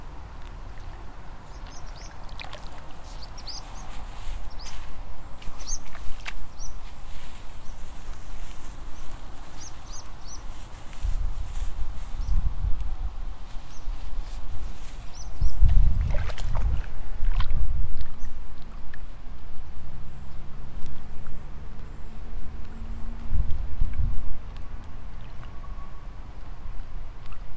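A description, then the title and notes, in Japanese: Evening outdoors while rice seedlings are pulled: low, muffled thumps and sloshing come in clusters, strongest around 12, 16 and 24 seconds. Short bird chirps dot the first half, and a steady soft rural hush fills the background. イネ苗取り ブユのいない気持ち良い夕方。夕方、イネの苗取り。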